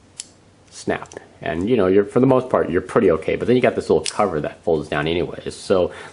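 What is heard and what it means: A folding tool on a SOG Powerlock metal multitool is swung out until its spring lock engages, snapping into place with a sharp click at 0.2 s. After the click, someone talks.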